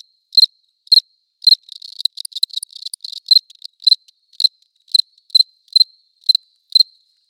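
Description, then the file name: Cricket calling with evenly spaced shrill chirps about twice a second, interrupted midway by a denser, scratchy rapid trill. Close recording, León. "Cricket close recording Leon"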